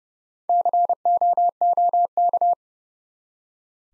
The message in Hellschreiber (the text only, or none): none